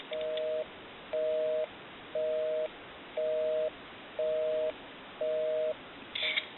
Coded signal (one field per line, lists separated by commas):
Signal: telephone call progress tone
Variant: North America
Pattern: busy tone